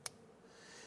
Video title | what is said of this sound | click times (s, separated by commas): How to Replace Front Ride Leveling Height Sensors 2015-2020 Cadillac Escalade | Don't forget to press the red lock tab in. | 0.1 s